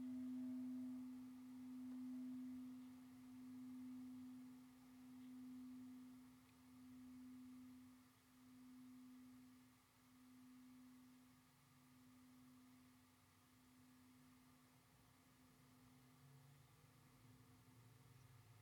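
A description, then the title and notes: A Tibetan singing bowl rings with one steady mid-low tone that pulses in a slow, regular wobble about every one and a half seconds. The swells grow fainter as the ring decays over the clip. A soft low rumble runs underneath throughout. Bright Simple & Happy Singing Bowl. The transcendent tones of meditative bells and Tibetan singing bowls.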